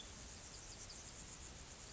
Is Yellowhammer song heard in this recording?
no